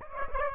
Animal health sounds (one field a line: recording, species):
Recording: mosquito wingbeat signal from an infrared sensor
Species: Aedes aegypti